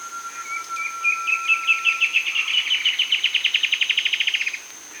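Bird song: a steady low whistle-like tone under a trill that speeds from spaced notes to a rapid buzzy run, ending near four and a half seconds.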